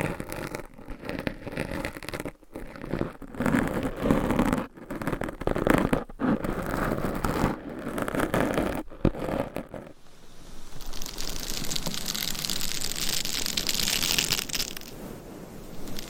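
Scratching and tapping sounds, with the first ten seconds full of busy, rough scraping broken by brief silent gaps every second or so. After about ten seconds the texture shifts to a thinner, brighter, hissing scratch that continues steadily until the end.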